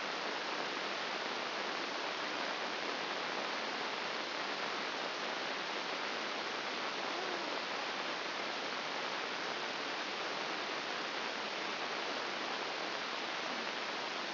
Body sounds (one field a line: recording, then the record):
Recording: brain microelectrode recording played as sound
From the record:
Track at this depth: inside the subthalamic nucleus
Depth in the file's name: 2.904 mm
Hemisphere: left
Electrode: 2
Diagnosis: Parkinson's disease